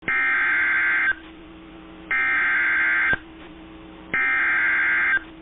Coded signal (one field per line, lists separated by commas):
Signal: Emergency Alert System (SAME) tones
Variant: header bursts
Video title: Severe Thunderstorm Warning (12/28/25) [EAS #346]